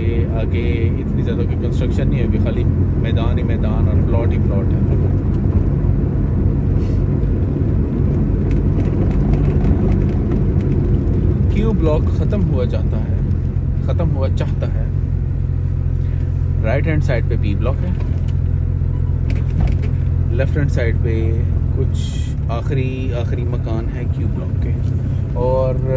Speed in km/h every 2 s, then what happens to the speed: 28, 29, 30, 31, 31, 25, 16, 8, 5, 7, 8, 10, 14.
0-9 steady at about 30. 9-15 brakes to 5. 15-26 speeds up to 14.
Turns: none.